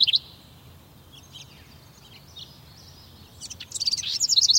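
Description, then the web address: Bird song, a brief trilled note at the start, faint high chips, then a rapid high warbling phrase building toward the end. Morning. "suono degli uccelli mattutini"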